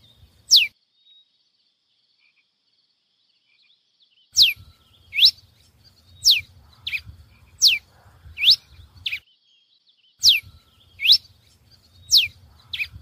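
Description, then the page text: Pileated finch calling: short, sharp down-slurred high notes, one alone and then a loose series with uneven pauses, over a faint low rumble. "TICO TICO REI CINZA (Coryphospingus Pileatus)"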